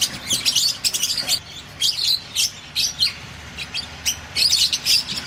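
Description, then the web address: Fischer's lovebird chatter: shrill, clipped squeaks in quick bursts. Lovebirds, genus Agapornis, singing. "golosa ptic kak poyut popugai nerazlucniki agapornis. parrots agapornis-fischeri"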